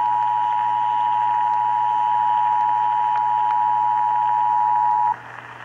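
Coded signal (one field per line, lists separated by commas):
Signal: Emergency Alert System (SAME) tones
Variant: 853 and 960 Hz attention tone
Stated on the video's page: Texas required monthly EAS test as broadcast on radio and television stations.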